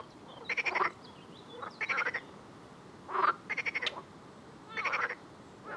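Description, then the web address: Frogs producing loud rattled croaks in several bursts, each a rapid run of pulses, with a second voice overlapping some of them. "Soundscape Frog 1"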